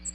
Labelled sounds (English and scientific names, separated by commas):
American Redstart (Setophaga ruticilla) flight call